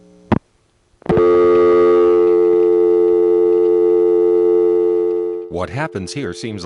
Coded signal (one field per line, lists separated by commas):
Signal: telephone call progress tone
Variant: North America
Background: speech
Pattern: dial tone